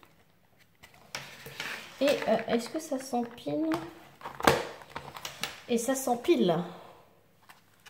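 A plastic bead-sorting tray is handled and brought onto another stackable tray that it clips onto when stacked, with light plastic knocks and rattles, one sharp knock near 4.5 s, while someone talks. Nothing has seated or clicked yet; the clip ends just before the tray goes home.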